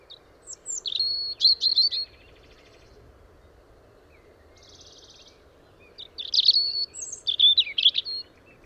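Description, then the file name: European robin delivering a high, jumbled twittering phrase, then a quiet gap with a soft buzzy trill, then another sparkling varied phrase; steady low hum beneath. "Erithacus rubecula"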